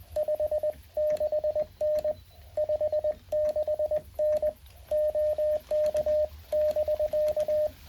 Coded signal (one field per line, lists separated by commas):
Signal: Morse code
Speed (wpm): 20 wpm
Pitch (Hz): 610 Hz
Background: radio noise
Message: 56N 56N OK<BK>